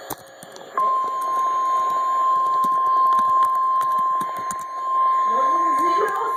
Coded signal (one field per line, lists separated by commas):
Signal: Emergency Alert System (SAME) tones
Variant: 1050 Hz attention tone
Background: speech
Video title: Severe Thunderstorm Watch (EAS #270)